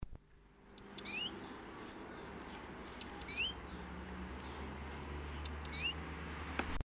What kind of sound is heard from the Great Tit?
song